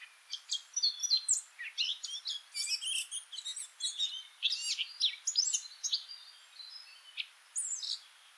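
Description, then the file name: Eurasian blackcap song: a lively stream of varied twittering and whistled notes over a faint background hiss, with a few short pauses. "Sylvia atricapilla"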